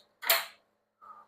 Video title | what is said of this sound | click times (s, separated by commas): Make a 1000 Pound Sliding Truck Drawer: Part 1 of 2 | You can hear it click when it shuts. | 0.3 s